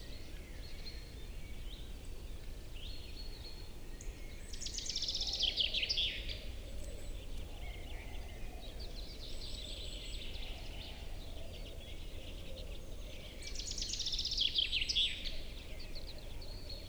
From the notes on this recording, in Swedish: skogens alla ljud i slutet av april när tjäderspelet är på sin topp